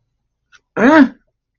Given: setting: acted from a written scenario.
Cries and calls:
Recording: vocal sound without words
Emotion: negative surprise

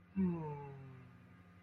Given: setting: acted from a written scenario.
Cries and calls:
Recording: vocal sound without words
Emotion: serenity

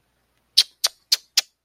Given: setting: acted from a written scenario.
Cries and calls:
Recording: vocal sound without words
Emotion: shame

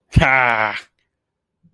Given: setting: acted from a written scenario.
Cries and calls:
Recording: vocal sound without words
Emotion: pride

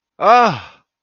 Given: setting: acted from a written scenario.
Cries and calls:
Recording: vocal sound without words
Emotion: negative surprise

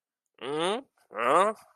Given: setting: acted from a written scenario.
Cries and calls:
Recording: vocal sound without words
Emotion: confusion

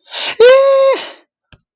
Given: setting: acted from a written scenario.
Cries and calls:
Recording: vocal sound without words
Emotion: elation

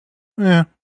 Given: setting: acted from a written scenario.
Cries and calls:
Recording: vocal sound without words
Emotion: neutral

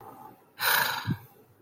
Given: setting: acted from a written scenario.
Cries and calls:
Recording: vocal sound without words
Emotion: anger

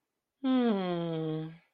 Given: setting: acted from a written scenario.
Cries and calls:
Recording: vocal sound without words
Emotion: romantic love

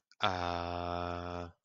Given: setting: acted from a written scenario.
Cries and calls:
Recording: vocal sound without words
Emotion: serenity

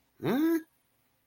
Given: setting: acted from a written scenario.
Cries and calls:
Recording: vocal sound without words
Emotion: confusion

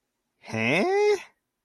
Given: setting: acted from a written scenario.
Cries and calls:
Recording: vocal sound without words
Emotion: confusion

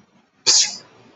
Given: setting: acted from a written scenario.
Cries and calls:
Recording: vocal sound without words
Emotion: contempt

